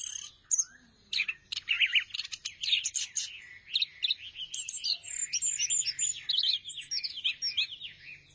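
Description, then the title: Thrush singing a long, fast, jumbled phrase of bright whistled notes, buzzy trills and chirps, almost without pause. "burung anis x"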